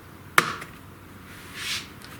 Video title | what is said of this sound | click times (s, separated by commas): How To replace the hard drive in a laptop computer A Roger Webb easy learning tutorial | Hear it popping off. | 0.4 s